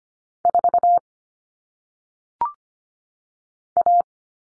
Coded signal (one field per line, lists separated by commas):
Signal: Morse code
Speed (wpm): 25 wpm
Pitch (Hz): 700 Hz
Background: none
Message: 4 A